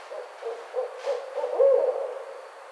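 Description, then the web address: Barred owl hooting: a run of short, soft hoots grows louder and ends in a drawn-out, slurred hoot, with a brief faint rustle midway. Recorded on 29 May 2009. "Barred Owl 2009 05 29"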